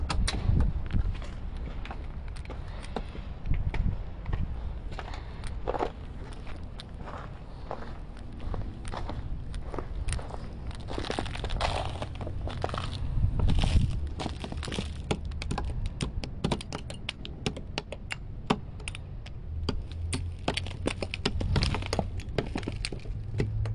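Ice is scraped and knocked in short, irregular strokes, with sharp cracks and crunching footsteps in snow scattered throughout. Busier, denser scraping and knocking fills the second half, especially from about eleven seconds on. A low steady rumble of city sound runs underneath.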